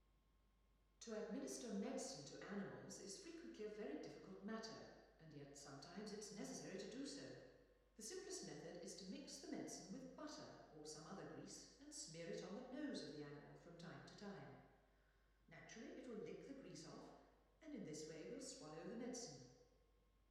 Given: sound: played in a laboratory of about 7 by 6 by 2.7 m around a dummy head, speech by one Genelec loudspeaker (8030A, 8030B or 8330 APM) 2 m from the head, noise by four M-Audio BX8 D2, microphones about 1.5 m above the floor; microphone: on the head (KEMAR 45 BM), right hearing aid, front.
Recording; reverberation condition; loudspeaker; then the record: female speech in English; high; in front (0 degrees)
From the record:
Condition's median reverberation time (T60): about 1300 ms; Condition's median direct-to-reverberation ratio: about -4.0 dB